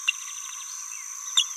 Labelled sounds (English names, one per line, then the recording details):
Green-rumped Parrotlet babbling
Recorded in a nest box in Venezuela
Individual 18B17A3